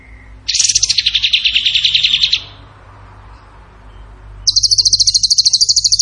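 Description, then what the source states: Bird song: a slightly lower, descending buzzy trill, a pause, then a steady high rapid trill. Masteran (training) recording in the tembakan gacor singing style.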